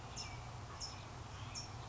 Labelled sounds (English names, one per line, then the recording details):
California Towhee
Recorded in Sonoma County, California